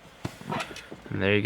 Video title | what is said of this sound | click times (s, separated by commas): Evo X Vent Gauge Install | just make sure you snap it back in there | 0.2 s